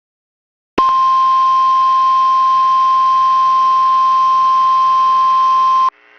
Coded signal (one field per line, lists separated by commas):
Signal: Emergency Alert System (SAME) tones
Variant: 1050 Hz attention tone